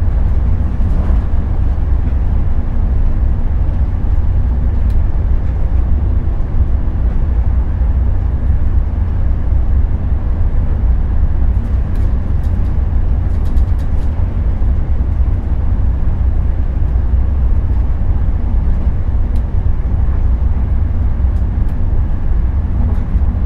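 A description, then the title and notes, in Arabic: Train ambience with a heavy, steady low rumble that fills the whole 23 seconds without letting up. Faint, brief clicks and light metallic ticks surface now and then, clustered around the middle, over the constant drone of the carriages. أجواء القطار. عبر ليل أوروبا على متن قطار النوم Thello. كل صرير خفي ودوي للعربات المتألقة. يخلق الطنين اللطيف لمحركات القطار الكهربائية السريعة، إلى جانب همس الهواء الخفيف الذي يداعب القطار، خلفية متسقة من الضوضاء البيضاء.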